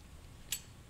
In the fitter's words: just snaps into place and